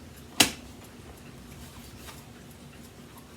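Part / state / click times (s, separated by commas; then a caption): vacuum wand into floor nozzle / seated / 0.4 s. A vacuum wand is pushed into the plastic floor head of a vacuum resting on the floor. It gives one strong, sharp click at 0.4 s, after which it is quiet with faint background noise. The wand connects firmly and seats securely.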